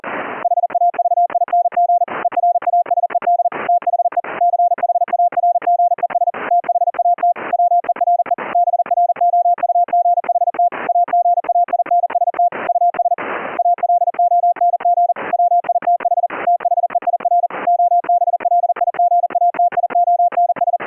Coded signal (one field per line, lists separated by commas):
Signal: Morse code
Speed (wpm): 40 wpm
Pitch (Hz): 700 Hz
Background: none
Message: HAVING ERASED THE CHARGES THAT WERE BROUGHT AGAINST US ALONG WITH THEIR OBLIGATIONS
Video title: Keying CW afcw mode on a K3S - using a high pitched PTT activation tone & delayed CW tone